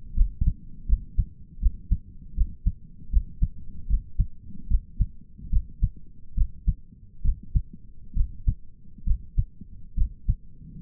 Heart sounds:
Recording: heart sounds by stethoscope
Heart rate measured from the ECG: 73 bpm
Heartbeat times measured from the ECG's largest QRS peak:
0.16 s: heartbeat
0.88 s: heartbeat
1.61 s: heartbeat
2.36 s: heartbeat
3.12 s: heartbeat
3.89 s: heartbeat
4.70 s: heartbeat
5.52 s: heartbeat
6.37 s: heartbeat
7.24 s: heartbeat
8.16 s: heartbeat
9.06 s: heartbeat
9.97 s: heartbeat
From the record:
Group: healthy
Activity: rest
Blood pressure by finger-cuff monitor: 124/78 mmHg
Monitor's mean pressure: 92 mmHg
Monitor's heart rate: 74 bpm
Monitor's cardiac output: 6.3 L/min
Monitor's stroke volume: 84 mL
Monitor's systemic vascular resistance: 1090 dyn s/cm5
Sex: male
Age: 22 years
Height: 181 cm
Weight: 79 kg

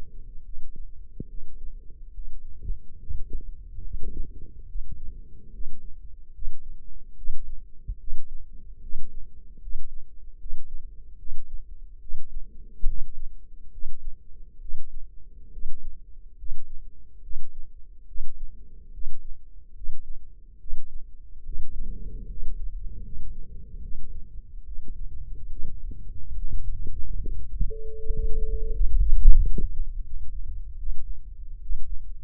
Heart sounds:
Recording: heart sounds by microphone in the left ear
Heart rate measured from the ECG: 73 bpm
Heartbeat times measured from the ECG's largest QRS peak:
0.43 s: heartbeat
1.27 s: heartbeat
2.12 s: heartbeat
2.97 s: heartbeat
3.82 s: heartbeat
4.66 s: heartbeat
5.51 s: heartbeat
6.32 s: heartbeat
7.15 s: heartbeat
7.98 s: heartbeat
8.80 s: heartbeat
9.60 s: heartbeat
10.38 s: heartbeat
11.17 s: heartbeat
11.99 s: heartbeat
12.85 s: heartbeat
13.70 s: heartbeat
14.59 s: heartbeat
15.51 s: heartbeat
16.36 s: heartbeat
17.21 s: heartbeat
18.06 s: heartbeat
18.91 s: heartbeat
19.74 s: heartbeat
20.58 s: heartbeat
21.44 s: heartbeat
22.27 s: heartbeat
23.02 s: heartbeat
23.81 s: heartbeat
24.65 s: heartbeat
25.50 s: heartbeat
26.34 s: heartbeat
27.18 s: heartbeat
27.96 s: heartbeat
28.71 s: heartbeat
29.36 s: heartbeat
30.04 s: heartbeat
30.77 s: heartbeat
31.60 s: heartbeat
From the record:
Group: healthy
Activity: rest 0-30 s, breath hold 30-32 s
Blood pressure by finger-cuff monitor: 139/89 mmHg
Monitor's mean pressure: 108 mmHg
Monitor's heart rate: 72 bpm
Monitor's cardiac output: 5.5 L/min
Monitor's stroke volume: 75 mL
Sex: male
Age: 35 years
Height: 178 cm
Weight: 64 kg

